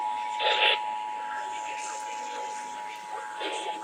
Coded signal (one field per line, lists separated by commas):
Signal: Emergency Alert System (SAME) tones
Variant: 853 and 960 Hz attention tone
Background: speech